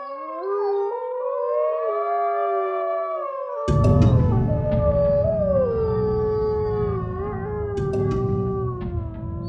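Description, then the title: Grey wolf: howling in long, wavering tones, with a low rumble entering partway through. Wolves of the wolf and bear forest at Kolmården Safari Park, all full brothers, bottle-fed and raised with humans; from a guided audio tour CD. "Vargen och björnens skog"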